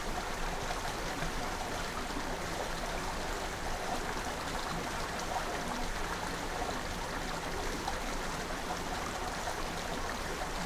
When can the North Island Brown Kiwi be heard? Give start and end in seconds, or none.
none